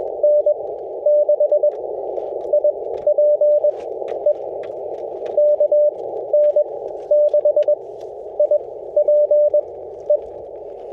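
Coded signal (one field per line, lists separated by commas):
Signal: Morse code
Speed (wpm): 19 wpm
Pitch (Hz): 590 Hz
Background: radio noise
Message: N6IPE K N6IPE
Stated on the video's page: Park activation at Santa Rosa Plateau Ecological Reserve, including a DX contact; windy conditions.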